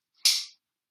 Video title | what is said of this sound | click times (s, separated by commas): LVAD LEFT VENTRICULAR ASSIST DEVICE POWER SOURCES | Place the first battery into a battery clip by lining up the arrows on the battery and battery clip and pushing until the battery clicks into place. | 0.3 s